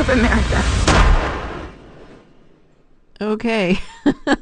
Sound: soundbite of gun firing